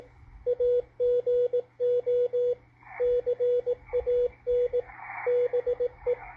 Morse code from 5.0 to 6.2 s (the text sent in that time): BE